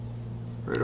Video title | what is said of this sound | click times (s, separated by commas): Boca bearings | over the top of it you heard it click that means it's in it's not going anywhere | 0.7 s